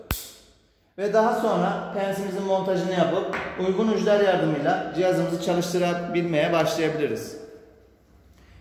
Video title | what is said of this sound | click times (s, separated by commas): 2,2 Kw 18000 Devir Er20 Arel Motor Arfm.3Y-S3 Er20 | Pens kapağımıza pensimizi yerleştirip tık sesi duyana kadar bastırıyoruz. | 0.1 s